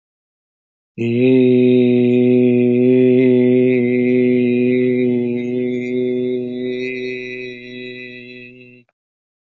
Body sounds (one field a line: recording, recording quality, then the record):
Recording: sustained vowel as in made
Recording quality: excellent, no background noise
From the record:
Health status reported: healthy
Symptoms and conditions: none ticked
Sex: male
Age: 50 years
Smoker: not ticked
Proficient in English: yes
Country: United States